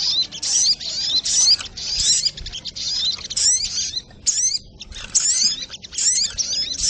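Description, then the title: Little spiderhunter song: nearly continuous high, buzzy chatter with squeaky descending notes, broken by a few short pauses. Masteran (Indonesian songbird training recording), labelled with the variant name Labaik. "Masteran Burung Sogok Ontong Labaik"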